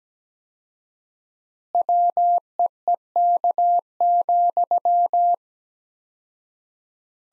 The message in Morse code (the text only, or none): WEEK,